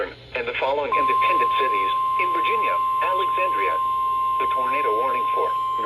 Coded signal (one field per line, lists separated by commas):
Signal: Emergency Alert System (SAME) tones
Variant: 1050 Hz attention tone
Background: speech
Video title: EAS 343 - SVR